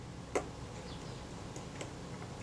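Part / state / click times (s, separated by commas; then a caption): shutter speed train onto the mechanism plate / seated / 0.4 s. A shutter speed train, a small gear assembly from a Retina Reflex III camera, is set onto the mechanism plate, with a screw on its base dropping into a locating hole. A sharp click at 0.4 s marks it seating positively, followed by a few fainter ticks of handling. The speed train is seated.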